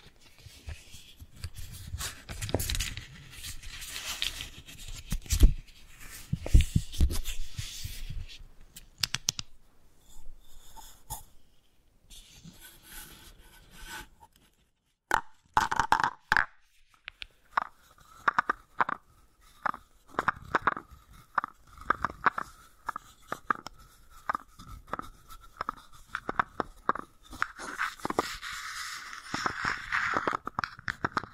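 Wooden balls click, roll and rattle in uneven bursts, with sharp taps clustered after fifteen seconds and a brief quiet stretch near ten.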